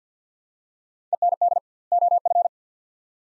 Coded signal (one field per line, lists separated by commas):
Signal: Morse code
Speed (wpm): 50 wpm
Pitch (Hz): 700 Hz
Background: none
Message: END OF